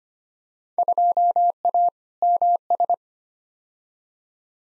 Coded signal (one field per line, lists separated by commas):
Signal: Morse code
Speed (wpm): 25 wpm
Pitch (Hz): 700 Hz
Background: none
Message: 2A MS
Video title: Field Day Exchange v2 - 25wpm